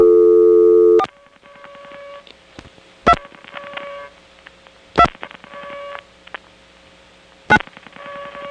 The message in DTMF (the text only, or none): 4 2 2 9